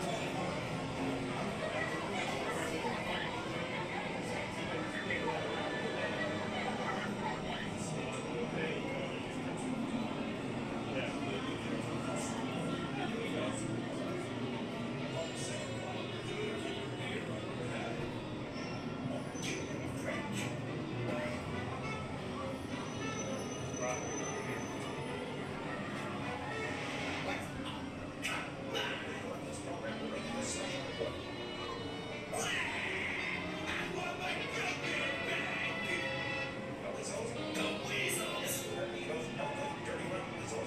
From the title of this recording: Mickey's Toon Town, Disneyland Binaural Recording